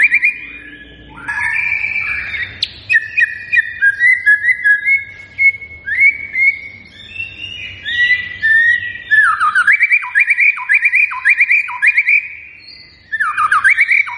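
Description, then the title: White-rumped shama song: fluty warbled whistles flowing into a run of rapid, repeated sharp downward notes near the end. Lure recording of a lively singing white-rumped shama, meant to make birds respond. "PANCINGAN MEWAH MURAI BATU GACOR, SEKALI DENGAR AMPUH LANGSUNG RESPON"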